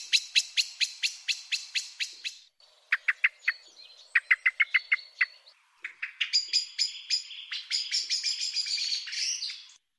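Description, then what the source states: Common blackbird giving sharp, metallic chinking alarm notes in quick regular runs, pausing briefly, then breaking into a denser, faster burst of chattering chinks near the end. Chinking alarm call; call of blackbirds going to roost while other neighbourhood blackbirds try to use the same roost.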